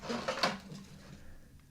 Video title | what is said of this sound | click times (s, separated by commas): Toy Review: Black Hole Toys UI Goku | this pops right in | 0.3 s, 0.4 s